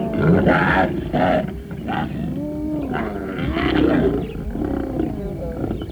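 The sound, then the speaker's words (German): A young lion snarls at a cub to drive it aside, a run of harsh, raspy growls with wavering tones that rise and fall, loud and continuous across several seconds. “Ein Halbstarker drohte fauchend einen Welpen zur Seite.”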